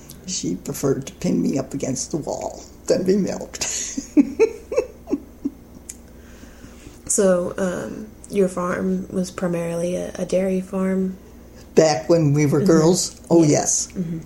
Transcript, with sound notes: she preferred to pin me up against the wall than be milked. [laughs]
So, your farm was primarily a dairy farm.
Back when we were girls, oh yes.